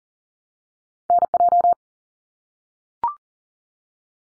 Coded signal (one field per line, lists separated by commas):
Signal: Morse code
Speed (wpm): 40 wpm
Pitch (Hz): 700 Hz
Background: none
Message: NJ